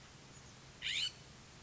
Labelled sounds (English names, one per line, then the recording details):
California Scrub-Jay
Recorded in Sonoma County, California